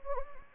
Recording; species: mosquito wingbeat signal from an infrared sensor; Anopheles gambiae